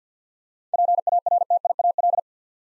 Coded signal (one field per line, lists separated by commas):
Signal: Morse code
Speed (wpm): 50 wpm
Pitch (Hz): 700 Hz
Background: none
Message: PARTIAL